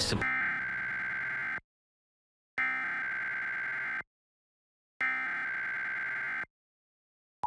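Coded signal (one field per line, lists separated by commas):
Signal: Emergency Alert System (SAME) tones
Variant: header bursts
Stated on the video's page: Required Monthly Test aired during a TV newscast on a Fox broadcast station.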